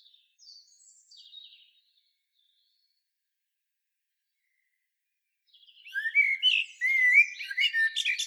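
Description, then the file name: Common blackbird song: faint high twittering notes, a quiet gap, then a strong mellow fluted warble mixed with sharp high squeaks. "Turdus merula"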